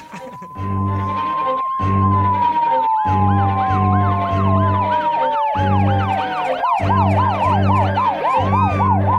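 Police sirens wail in rising and falling sweeps, several overlapping, over a steady pounding low beat with short regular breaks. No one speaks.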